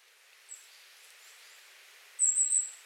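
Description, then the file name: Goldcrest calling: one very high, thin phrase of rapid notes near the end, after a single faint high note early on, over soft background hiss. Recorded 30 January 2019. "kikuitadaki kosado"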